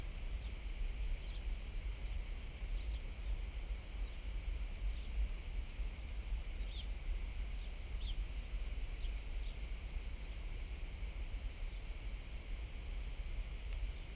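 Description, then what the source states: Crickets giving a very high, thin trill in regular pulsing bursts, with a few faint short chirps lower down. Different types of crickets singing differently, Collserola natural park, during a heat wave, walking toward a pine wood; recorder with hypercardioid microphone.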